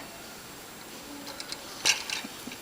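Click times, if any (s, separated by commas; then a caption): none. An aluminium angle bracket is worked one-handed into position against an aircraft bulkhead that already holds cleco temporary fasteners. Faint metallic taps and handling sounds come at about 1.4, 1.5 and 2.1 seconds, with a brighter rattle near 1.9 seconds. Nothing has seated or clicked into place yet.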